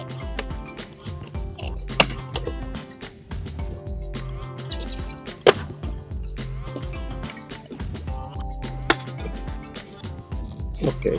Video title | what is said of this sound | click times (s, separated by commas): Smontaggio calotte specchi retrovisori - Volkswagen Golf Mk8 | il click di tutti e due le spinette e | 2.0 s, 8.9 s